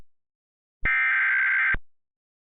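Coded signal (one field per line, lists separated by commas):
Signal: Emergency Alert System (SAME) tones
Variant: header bursts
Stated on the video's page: Fictional EAS scenario, a remastered version of an earlier one.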